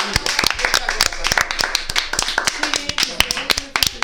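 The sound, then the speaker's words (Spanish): A small group claps for about four seconds, producing a fast, uneven patter of sharp hand claps that stays fairly loud throughout, with some voices faintly mixed underneath. “Un aplauso.”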